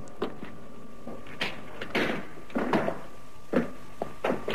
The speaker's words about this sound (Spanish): Cierra la puerta.